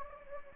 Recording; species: mosquito wingbeat signal from an infrared sensor; Anopheles gambiae